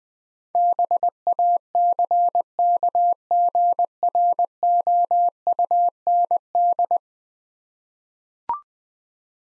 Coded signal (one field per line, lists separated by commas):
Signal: Morse code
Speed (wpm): 20 wpm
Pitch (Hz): 700 Hz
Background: none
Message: BACKGROUND